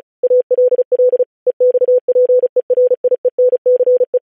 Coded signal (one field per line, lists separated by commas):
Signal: Morse code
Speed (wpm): 36 wpm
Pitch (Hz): 500 Hz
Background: none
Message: ALL EXPERIENCE